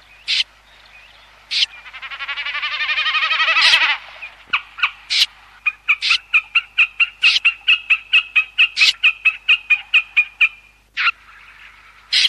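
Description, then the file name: Common snipe calls: a swelling, buzzy rush of sound followed by a long series of rapid, dry ticking notes, with a few sharp louder clicks scattered throughout. "BECCACCINO"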